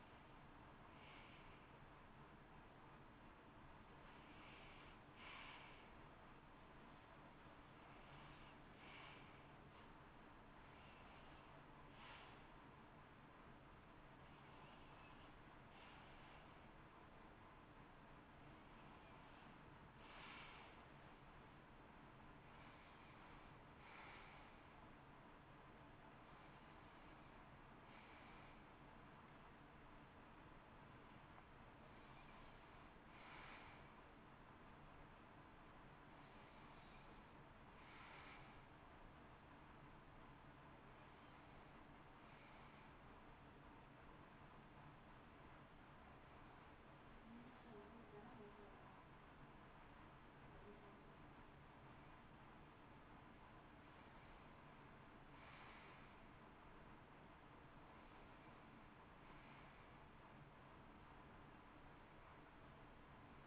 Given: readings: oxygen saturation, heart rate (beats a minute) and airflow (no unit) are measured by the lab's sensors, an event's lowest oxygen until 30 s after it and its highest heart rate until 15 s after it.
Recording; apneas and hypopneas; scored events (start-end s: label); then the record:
a person awake in a sleep study, by a voice recorder at the bedside; 1
0.00-63.47 s: awake
45.00-59.20 s: hypopnea (scored as awake, oxygen 93% highest, then 90% lowest, heart rate 61 at the start, 66 highest)
62.00-63.47 s: new sleep stage, N1 (lightest sleep)
From the record:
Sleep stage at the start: awake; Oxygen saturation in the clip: 91 to 94%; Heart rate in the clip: 60 to 67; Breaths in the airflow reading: 16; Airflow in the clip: -10.6 to 12.2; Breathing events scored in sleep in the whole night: 328 in 6.3 hours asleep